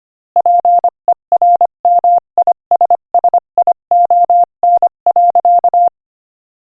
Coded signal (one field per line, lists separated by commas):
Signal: Morse code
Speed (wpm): 25 wpm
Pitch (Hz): 700 Hz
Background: none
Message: PERMISSION.